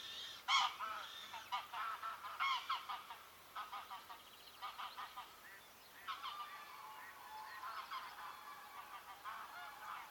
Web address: sound Anser-anser. صدای-غاز-وحشی-خاکستری